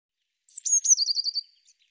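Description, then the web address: Bird song, one short phrase: a high whistled note sliding into a fast, evenly pulsed trill that fades out. "cianscape birddata Deverinetal Bird Cy Ca Cy Ca"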